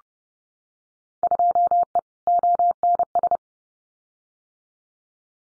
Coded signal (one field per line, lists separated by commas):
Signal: Morse code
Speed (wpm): 30 wpm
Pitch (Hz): 700 Hz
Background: none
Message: 2E ONS